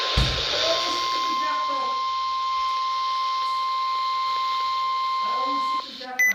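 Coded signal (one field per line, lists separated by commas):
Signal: Emergency Alert System (SAME) tones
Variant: 1050 Hz attention tone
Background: speech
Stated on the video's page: Special marine warning on a NOAA Weather Radio station.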